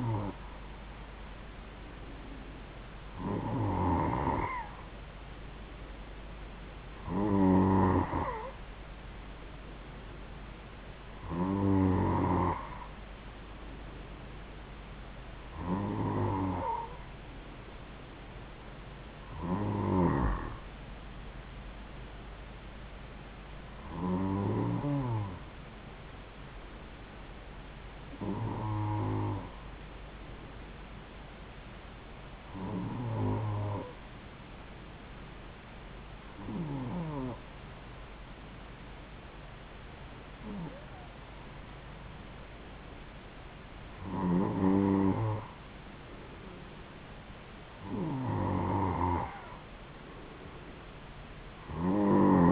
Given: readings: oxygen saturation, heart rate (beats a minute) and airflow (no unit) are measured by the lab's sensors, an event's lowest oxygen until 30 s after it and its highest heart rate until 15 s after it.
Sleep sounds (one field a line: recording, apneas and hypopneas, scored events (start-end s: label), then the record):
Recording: breathing in sleep by a voice recorder at the bedside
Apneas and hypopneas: 1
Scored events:
30.00-43.90 s: hypopnea (N2, oxygen 94% highest, then 91% lowest)
From the record:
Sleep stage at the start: N2 (light sleep)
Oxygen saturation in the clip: 91 to 94%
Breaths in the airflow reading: 13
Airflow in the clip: -3.3 to 3.6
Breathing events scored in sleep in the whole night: 270 in 6.1 hours asleep